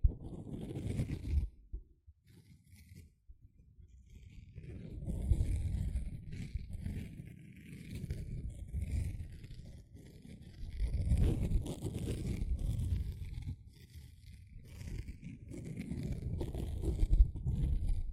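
A sponge is worked in repeated rough scratching and squishing passes, each lasting a few seconds with brief pauses between, near 2 and 10 seconds. The sound is mostly low and dense, rubbing and crackly, with light bright scraping ticks scattered above.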